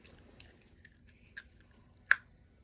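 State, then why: Seated. Removable plastic snap-on veneers are pressed back onto natural teeth, with a few faint clicks and soft handling noises before a sharp, loud snap at 2.1 seconds as they seat into place.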